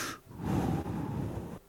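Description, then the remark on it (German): A brief breathy hiss opens, then one long, steady breath pushed straight into the microphone, a low rushing whoosh lasting over a second before cutting off. No talking. “oder wo wir am besten nur reinatmen und dann hörst du dir das an.”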